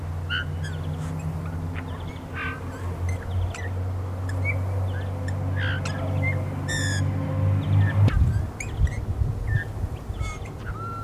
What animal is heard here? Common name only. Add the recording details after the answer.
Eurasian Bullfinch. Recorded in the wild. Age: adult. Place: Untertweng, AT. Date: 1971-02-21. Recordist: Brunner, Thomas. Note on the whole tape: Aufnahme: Untertweng, Gegental, Kärnten